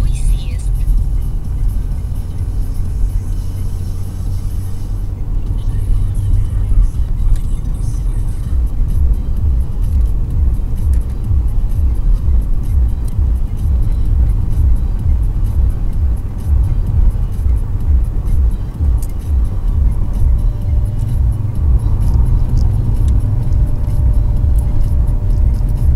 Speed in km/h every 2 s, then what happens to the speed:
47, 51, 55, 56, 57, 59, 61, 64, 69, 74, 76, 76, 75.
0-4 speeds up to 55. 4-11 steady at about 56. 11-17 speeds up to 74. 17-26 steady at about 75.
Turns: none.